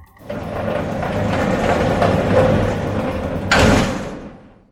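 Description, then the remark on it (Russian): A heavy door is forced open, grinding and rumbling as it is shoved sideways along its track for several seconds, ending in a loud thudding jolt before the scraping fades out. “Бросив ломать дверь, я с силой двигаю ее в бок.”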